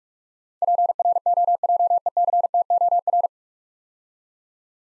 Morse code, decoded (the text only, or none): PROJECTOR